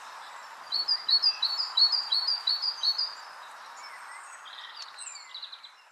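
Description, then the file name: Great tit with a quick run of clear repeated two-note phrases, followed by a few faint, scratchy sounds over steady hiss. "Parus major"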